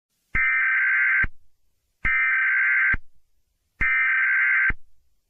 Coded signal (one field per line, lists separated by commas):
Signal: Emergency Alert System (SAME) tones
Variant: header bursts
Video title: cook islands eas alarm 1965